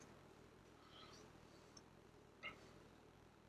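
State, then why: Not seated. A small model kit part is handled at its slot in the deck section of a ship model, with faint scraping and handling noise over a low background hiss, a tiny tick near 1.8 s and a brief louder contact around 2.5 s. Nothing has seated or clicked into place yet.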